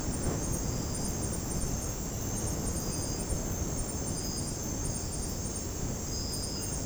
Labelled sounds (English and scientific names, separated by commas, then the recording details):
none
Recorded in dense forest near Puerto Asís, Putumayo, Colombia, on 20 February 2024 at 03:30
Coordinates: 0.486, -76.316
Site G6437